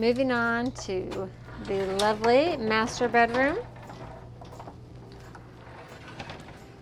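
Someone talks while the master bedroom sliding doors of a 2018 Newmar Essex motorhome are handled, followed by quieter rustling and small sharp knocks near 4.7, 5.4 and 6.2 seconds. The doors have not latched closed yet; nothing has seated or clicked.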